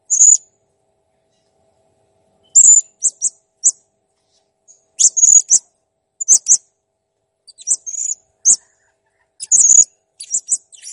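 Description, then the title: Blue-crowned hanging parrot giving shrill, high buzzy notes in short clustered bursts, with pauses between groups. Master recording of a clear, persistently singing bird, made for training cage birds. "Masteran Burung Serindit Ll Masteran Serindit Gacor Jernih"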